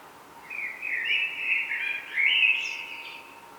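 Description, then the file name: Common blackbird song: a flowing, fluty phrase in two swells, with a faint squeaky high note near its close. "Turdus merula"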